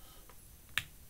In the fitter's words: you can just hear it click in it snaps into place you know it's secure